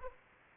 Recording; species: mosquito wingbeat signal from an infrared sensor; Anopheles arabiensis